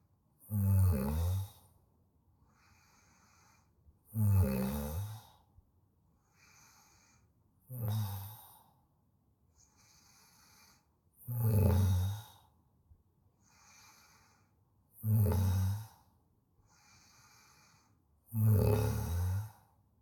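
Six loud, low, rattling snores come on the in-breaths, about one every 3.5 seconds, roughly 17 breaths a minute. Softer, airy out-breaths fall between them. This is ordinary human snoring.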